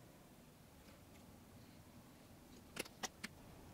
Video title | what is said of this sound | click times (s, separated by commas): Sony WH-1000XM4 Headphone Swivel Repair, Left and Right, At PS Electronics 888-820-3476 | hear some clicks all the way around it and it is installed now let's go to the other side | 2.8 s, 3.3 s